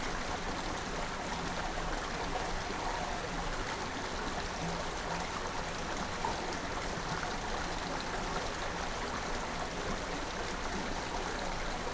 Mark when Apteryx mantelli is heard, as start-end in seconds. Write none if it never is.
none